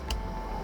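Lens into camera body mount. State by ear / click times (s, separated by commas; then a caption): seated / 0.1 s. A camera lens is lined up by its red dot with the red dot on a Canon 200D body, then twisted onto the mount. It locks with a sharp click at 0.1 s, and a fainter tick follows near 0.7 s over a low steady hum. The lens is seated in the mount.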